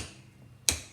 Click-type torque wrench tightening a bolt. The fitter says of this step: this right here you hear a click